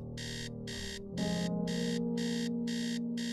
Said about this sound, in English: Man, that alarm clock would sound off, you know, and I'd lay there for a minute and I'd think to myself, …, what's a 46-year-old fat boy like you doing getting up running all over the neighborhood?